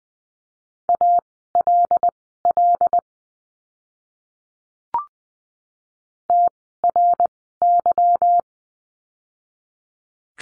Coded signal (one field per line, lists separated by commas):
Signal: Morse code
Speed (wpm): 20 wpm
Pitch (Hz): 700 Hz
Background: none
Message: ALL TRY